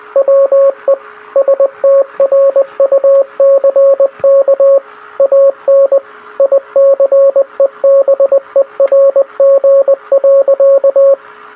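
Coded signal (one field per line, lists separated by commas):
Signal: Morse code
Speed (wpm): 20 wpm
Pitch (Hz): 550 Hz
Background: radio noise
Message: WE STRUCK AN ICEBERG.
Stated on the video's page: Recreation of the Titanic CQD distress call in Morse.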